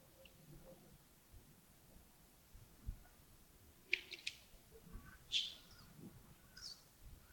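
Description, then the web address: Birds giving a few sharp, high chirps and short notes in the middle and end, separated by quiet gaps, over a low background rumble. Early morning at Yagongding, 28 December 2025. "2025-12-28 亚公顶清晨 birds"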